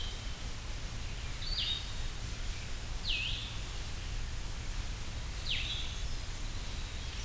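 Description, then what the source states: Blue-headed Vireo song: three sweet, slurred phrases separated by pauses, one dipping then rising, over a steady low rumble. Recorded at Hector Falls, Tionesta Scenic Area, Allegheny National Forest, by a small waterfall; song almost sounds like saying 'vireo', but in a much sweeter voice.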